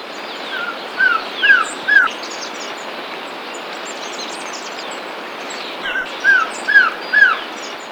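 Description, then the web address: Masked trogon calls: two short runs of three or four soft, downslurred notes with a steady hiss behind them. Recorded in Ecuador. "Birds of Ecuador. Masked Trogon"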